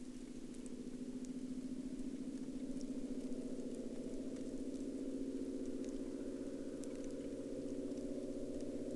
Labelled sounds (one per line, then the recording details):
rain
man-made sound
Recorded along the Dempster Highway, Canada, on 26 October 2020 at 13:23
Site 16